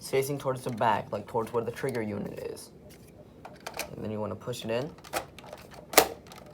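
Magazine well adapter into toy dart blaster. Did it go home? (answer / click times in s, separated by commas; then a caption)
yes / 6.0 s. Someone talks while lining up a plastic magazine-well adapter, with its orange button facing toward the trigger unit, and pushing it into a Nerf N-Strike Elite Rampage toy dart blaster. A few faint plastic clicks come during the pause, then the adapter snaps into place with a sharp, loud hit at 6.0 s, and it is seated.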